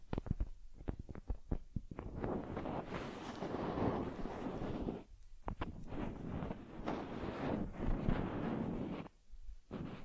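Care sounds for a teddy bear: a quick run of sharp taps and clicks opens, then dense, scratchy rubbing and brushing fills most of the clip. The rubbing breaks off briefly around five seconds and again near nine, with a few clicks between.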